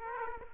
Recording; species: mosquito wingbeat signal from an infrared sensor; Aedes aegypti